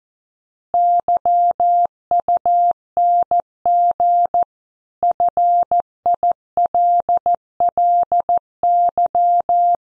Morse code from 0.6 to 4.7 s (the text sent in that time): YUNG